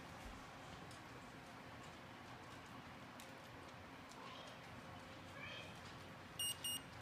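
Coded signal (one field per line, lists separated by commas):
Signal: beep code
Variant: Omnipod insulin pod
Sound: quiet room noise, then two short high beeps close together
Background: room noise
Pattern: 2 short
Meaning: The pod has been filled with enough insulin to continue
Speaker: again you do it pretty slow and we'll hear two beeps here in a second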